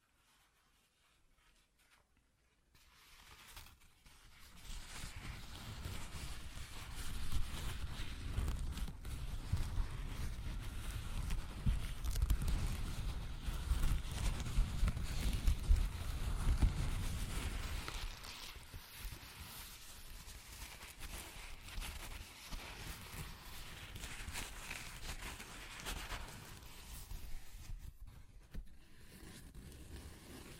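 Paper is torn in a long, drawn-out rip that starts after a few seconds of near silence. The tearing is dense and crackly, with a heavy rough low rumble between about 5 and 18 seconds, then thins into lighter, brighter scratchy tearing before fading near the end.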